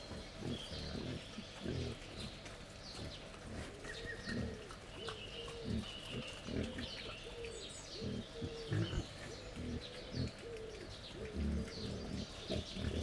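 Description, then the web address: Wild boar giving steady, rapid low grunts with a hoarse, tonal edge, while small birds chirp and twitter throughout. Wild boar at a laid-out feeding table, Jászberény Zoo, 1 May 2015. "allathangok jaszberenyizoo 2015 professzionalis vaddiszno teritettasztal c 05 01"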